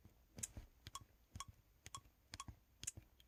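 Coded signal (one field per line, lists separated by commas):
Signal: none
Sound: phone timer ticking beeps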